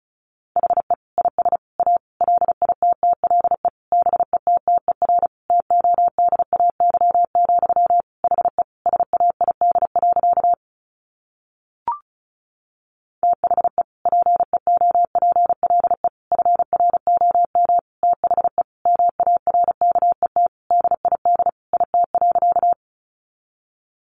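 Morse code beeps in a steady mid-pitched tone, rapid dots and dashes running to about ten seconds, a short pause with one blip, then resuming.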